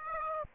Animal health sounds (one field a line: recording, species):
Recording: mosquito wingbeat signal from an infrared sensor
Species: Aedes aegypti